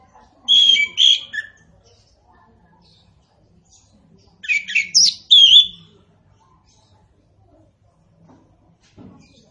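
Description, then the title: Orange-headed thrush song: two separate bursts of varied whistled and squeaky notes, then near silence. Local names Anis Kembang and Punglor Kembang; bird described as gacor (singing actively) and ngeplong. "Anis Kembang Gacor. Anis Kembang Punglor Kembang Ngeplong"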